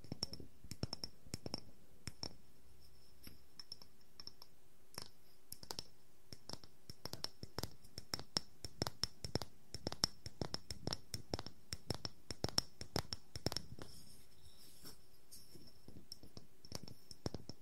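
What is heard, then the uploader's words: Wooden objects tap and scratch in a quick, irregular stream of sharp clicks, dense through most of the clip and thinning briefly after fourteen seconds. A faint steady high whine and a low hum sit underneath throughout. ASMR No Talking Wooden Objects Tapping and Scratching.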